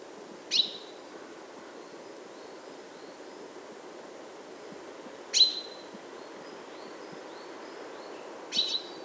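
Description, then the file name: Common chaffinch calls, three brief sharp high notes spaced several seconds apart, with faint thin chirps between and constant low hiss. "Fringilla coelebs"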